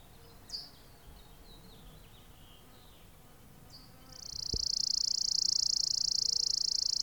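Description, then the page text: Chipping sparrow song. Quiet scattered bird notes come first, then a dry, steady, high-pitched trill begins a little past the midpoint and runs to the end, with a single sharp click just after it starts. "Richard E Webster - Малая воробьиная овсянка (Spizella passerina)"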